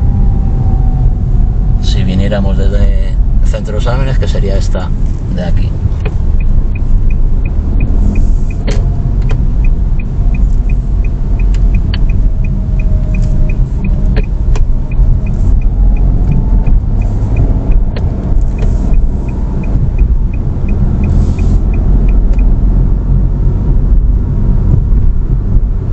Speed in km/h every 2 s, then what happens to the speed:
24, 22, 15, 18, 24, 22, 20, 21, 28, 33, 34, 37, 39.
0-5 slows to 15. 5-7 speeds up to 24. 7-13 steady at about 22. 13-26 speeds up to 39.